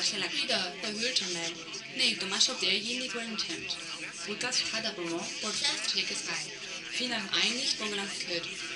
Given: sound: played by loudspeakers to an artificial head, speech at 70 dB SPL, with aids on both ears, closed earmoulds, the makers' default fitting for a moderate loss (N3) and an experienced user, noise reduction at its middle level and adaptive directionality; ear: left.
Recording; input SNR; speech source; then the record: speech test signal (ISTS) in cocktail-party noise; +6 dB; on the right (90 degrees)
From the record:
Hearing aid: class 1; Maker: B